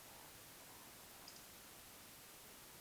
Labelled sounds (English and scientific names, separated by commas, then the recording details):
Eurasian Woodcock (Scolopax rusticola) whistle, Eurasian Woodcock (Scolopax rusticola) croak
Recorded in Baden-Württemberg, Germany, on 21 June 2020 at 02:23 UTC
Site 49006, 684 m above sea level